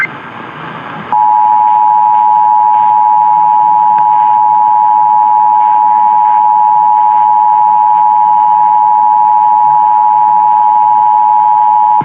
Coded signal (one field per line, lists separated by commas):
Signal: Emergency Alert System (SAME) tones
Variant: 853 and 960 Hz attention tone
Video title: New York City RMTs (2/9/22)(EAS 1082-1084)